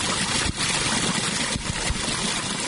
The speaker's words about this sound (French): Cette eau que vous entendez couler n'est pas celle du robinet, mais ce sont des eaux usées mêlées à des excréments humains qui débordent les regards destinés à les accueillir.